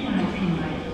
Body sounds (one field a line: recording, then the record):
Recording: coughing mixed with background sound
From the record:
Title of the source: female coughing - coughing sound effects girl